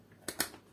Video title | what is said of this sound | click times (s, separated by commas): Wiring an E27 lampholder | all the way until you hear it click | 0.3 s, 0.4 s